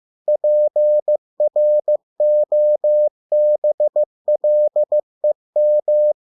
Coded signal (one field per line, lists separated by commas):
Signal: Morse code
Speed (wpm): 15 wpm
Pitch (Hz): 600 Hz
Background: none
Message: PROBLEM